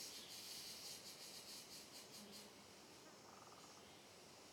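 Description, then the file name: Cicada chorus pulsing rapidly at first, then settling into a softer steady hiss, with a short pulsed trill toward the end. Chorus of cicadas on a trail in dense forest, with reverberation. "Coro de Cigarras em Trilha de Mata Fechada Reverberando"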